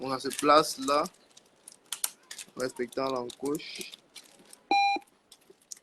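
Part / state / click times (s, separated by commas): patient cable connector into multiparameter monitor socket / seated / 5.7 s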